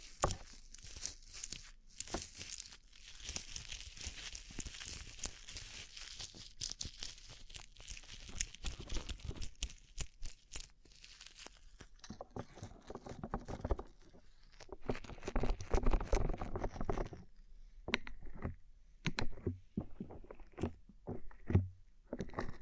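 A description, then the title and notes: Rhinestone-covered tapping: a dense run of quick, bright crinkly clicks for ten seconds, then sparser, heavier scratchy taps and crunches with short pauses. ASMR Rhinestone Covered Tapping 3Dio (No Talking).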